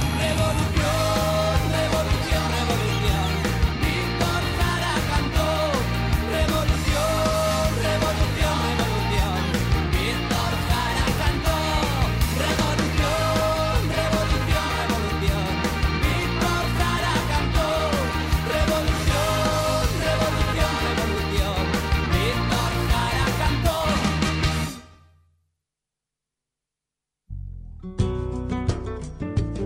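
A full band song plays loud and steady, with a driving rhythmic beat and dense instrumentation, then cuts to a brief silence before music starts up again.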